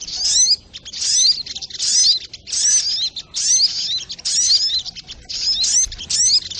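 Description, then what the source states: Sogok ontong singing dense, high, buzzy twitters in quick succession, each burst holding rapid downward slurs, with only brief gaps between bursts. Masteran (training recording for cage birds), Labaik variant.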